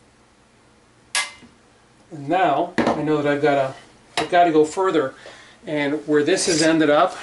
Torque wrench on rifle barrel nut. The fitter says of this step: put it on and you rotate till it clicks